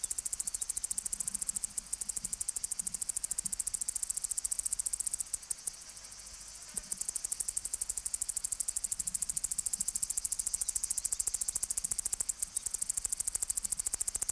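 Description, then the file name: Cicada song as a steady, fast high-pitched pulsing buzz, briefly pausing near the six-second mark before resuming at the same rapid rate. "Tettigeta argentata"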